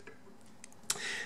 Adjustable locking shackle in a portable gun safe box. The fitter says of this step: You want to push or pull it, hear that click.